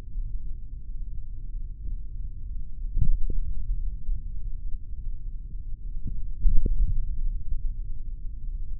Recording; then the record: forearm muscle sounds (acoustic myography)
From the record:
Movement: tripod grip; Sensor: system 3, bracelet of six PUI Audio POM-2738L microphones around the upper forearm, with dedicated amplification and filtering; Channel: 3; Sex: male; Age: 26 years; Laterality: right